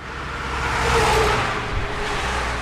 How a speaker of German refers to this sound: Eine kleine Kreuzung an der Europastraße 48 zwischen Karlsbad und Pilsen. Lastwagen rasen vorbei und jedes Mal klappern die Holzbretter des heruntergekommenen Bushäuschens am Straßenrand.